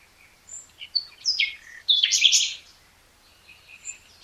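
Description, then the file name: Common nightingale song of quick, varied notes building into a loud, harsh rattling burst, then softer scattered whistles. "Luscinia megarhynchos"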